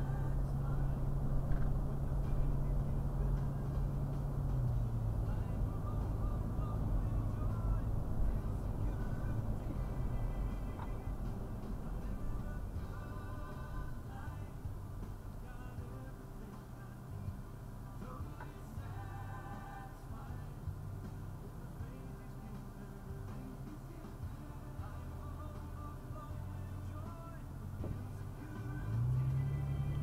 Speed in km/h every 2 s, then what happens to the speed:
53, 53, 53, 53, 52, 37, 19, 5, 0, 0, 0, 0, 0, 0, 11.
0-8 steady at about 53. 8-15 brakes to 0. 15-26 standing. 26-30 pulls away to 11.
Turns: none.